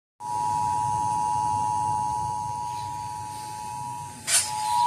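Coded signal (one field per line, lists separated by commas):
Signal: Emergency Alert System (SAME) tones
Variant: 853 and 960 Hz attention tone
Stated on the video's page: Real Severe Thunderstorm Warning EAS alert on an FM broadcast station.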